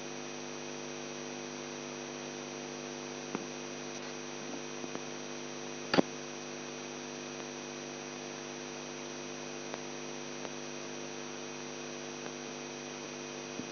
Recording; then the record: brain microelectrode recording played as sound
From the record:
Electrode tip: outside the subthalamic nucleus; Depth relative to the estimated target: -8 mm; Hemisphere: left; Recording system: AlphaMap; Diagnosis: Parkinson's disease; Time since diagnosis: 11 years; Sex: male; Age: 42 years